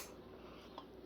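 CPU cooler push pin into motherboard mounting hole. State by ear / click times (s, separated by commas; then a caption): seated / 0.8 s. A plastic push pin of the stock cooler for an i3-12100F CPU is pressed into a mounting hole on a Gigabyte B760M DS3H LGA 1700 motherboard, held up off the hard surface. Over a low steady background, a single short, sharp snap is heard at 0.8 s as this second push pin seats.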